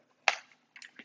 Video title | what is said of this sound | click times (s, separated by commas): 2019+ Lexus ES 4-dr Sedan with Thule Evo Clamp + WingBar Evo Roof Rack Crossbars | and that just snaps into place | 0.3 s